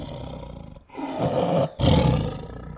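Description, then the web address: Tiger growls: a few low, rasping, breathy growls separated by brief pauses, the last loudest. Low growls and breaths. "animal tiger low growls and breaths"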